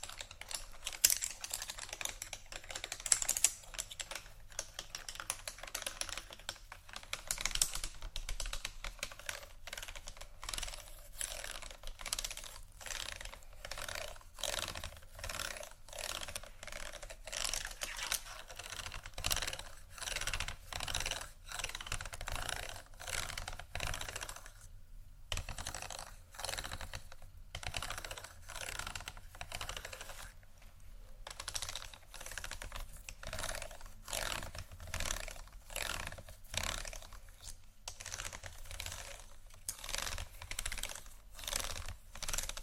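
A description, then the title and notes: Beads and pearls clicking and clattering against each other in quick, irregular bursts, a dense run of sharp, bright ticks that keeps going for the whole length. Short pauses break the rattling around 25 and 31 seconds, over a faint low hum. ASMR Beads And Pearls（No Talking）.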